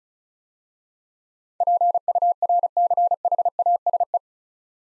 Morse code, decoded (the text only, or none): PURCHASE